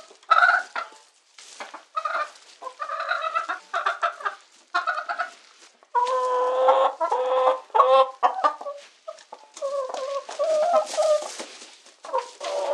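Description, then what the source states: Chicken distress calls: harsh, loud squawks in uneven bursts with brief pauses, carrying on for the whole stretch. Chicken giving distress calls.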